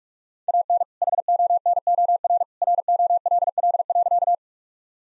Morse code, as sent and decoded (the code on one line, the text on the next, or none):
.- -. / .... --- -. --- .-. / .-. --- .-.. .-.. .-.-.-
AN HONOR ROLL.